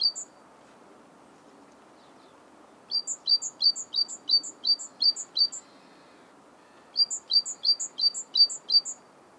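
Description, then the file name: Great tit song: a lone note, a pause, then several rhythmic high-low paired phrases, a short break and several more, against a soft constant background hiss. "Parus major"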